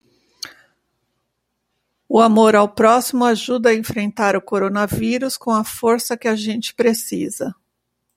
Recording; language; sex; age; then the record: spoken sentence; Brazilian Portuguese; female; 50 to 59 years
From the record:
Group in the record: control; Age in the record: 58 years